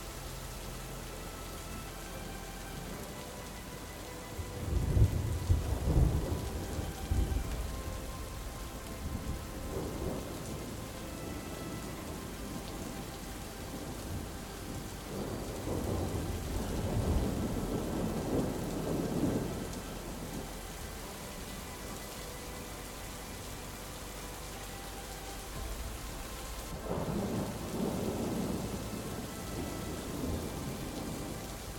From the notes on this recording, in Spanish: los tonos poderosos de los truenos, los suaves susurros de la lluvia y melodías relajantes